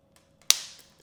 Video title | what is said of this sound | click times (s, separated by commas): How to Open Back Cover of a Wrist Watch (ASMR) | and then I'm going to go ahead and press this until it snaps back into place | 0.5 s